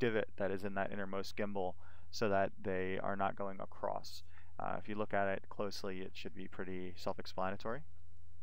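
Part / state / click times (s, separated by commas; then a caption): plastic sensor component into joystick inner gimbal / not seated / none. A plastic sensor component is being handled over the innermost gimbal of a Warthog joystick, lined up so its wires sit on the same side as the divot. Someone talks steadily throughout, and no sharp click or other sudden sound is heard. Nothing has seated or clicked into place yet.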